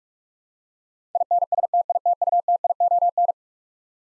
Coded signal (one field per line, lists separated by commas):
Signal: Morse code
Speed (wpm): 42 wpm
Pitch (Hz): 700 Hz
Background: none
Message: INSTITUTION